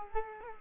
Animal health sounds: mosquito wingbeat signal from an infrared sensor; Culex quinquefasciatus

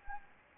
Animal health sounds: mosquito wingbeat signal from an infrared sensor; Anopheles gambiae

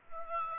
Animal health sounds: mosquito wingbeat signal from an infrared sensor; Aedes aegypti

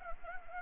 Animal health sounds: mosquito wingbeat signal from an infrared sensor; Anopheles gambiae

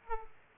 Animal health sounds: mosquito wingbeat signal from an infrared sensor; Aedes aegypti

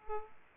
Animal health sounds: mosquito wingbeat signal from an infrared sensor; Aedes aegypti

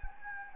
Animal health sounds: mosquito wingbeat signal from an infrared sensor; Anopheles gambiae

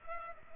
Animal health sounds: mosquito wingbeat signal from an infrared sensor; Culex pipiens

